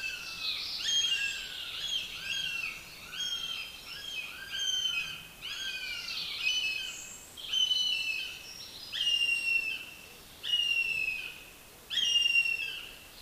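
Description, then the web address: Northern goshawk repeating down-slurred wailing calls over a steady background hiss. "Madardalok Cd 1. Héja"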